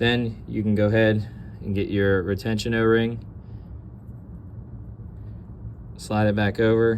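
A rubber retention o-ring is picked up and slid back over the lift pin of a Luxe TM40 or Luxe X paintball marker, headed for the groove on the pin. Someone talks over a steady low hum, with a quieter pause in the middle. The clip ends before the o-ring seats, so nothing has clicked or locked into the groove yet.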